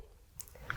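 The plastic canopy of a toy hover pram is lined up by its small clip tabs over a 3.75-inch Grogu figure and pressed closed. Sharp plastic clicks sound at 0.4 s and 0.7 s, with a fainter tick at 0.5 s in between. The canopy clicks shut and is fully closed.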